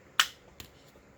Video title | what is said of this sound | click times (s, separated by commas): Kydex Auto Deploy Sheaths | This thing works really great. Nice click going in as well. | 0.2 s